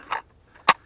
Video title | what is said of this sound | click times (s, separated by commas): GAME CAMERA! - UNBOXING & REVIEW Apeman H60 20MP Trail Camera | clicked in place and now our batteries are installed | 0.7 s